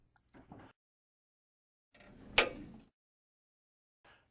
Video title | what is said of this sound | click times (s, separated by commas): NA - RI Training 3 - Copper Testing & Termination | with the latch orientation down these Outlets easily snap into place from the rear of the panel as shown here | 2.4 s